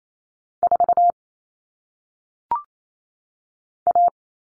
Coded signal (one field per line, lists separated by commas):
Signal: Morse code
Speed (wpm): 28 wpm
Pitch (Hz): 700 Hz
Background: none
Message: 4 A